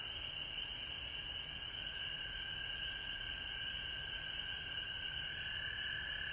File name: Frogs Home Georgia Mar 19 , 2020